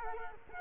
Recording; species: mosquito wingbeat signal from an infrared sensor; Culex quinquefasciatus